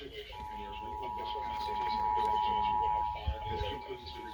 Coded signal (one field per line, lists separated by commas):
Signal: Emergency Alert System (SAME) tones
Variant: 853 and 960 Hz attention tone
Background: speech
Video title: EAS #560-568: Weeklies and Monthlies of 11/24/21